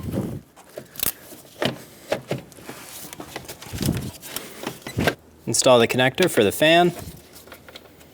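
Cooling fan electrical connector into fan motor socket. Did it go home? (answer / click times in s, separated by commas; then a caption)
no / none. Someone talks while handling the radiator cooling fan's electrical connector, about to push it onto its plastic socket on the fan motor of a 2012-2020 Chevrolet Sonic 1.8L L4 during a radiator replacement. Short handling knocks are heard, followed from about 5.5 to 6.9 s by a loud, warbling, squeal-like tonal sound. Nothing has seated or clicked yet.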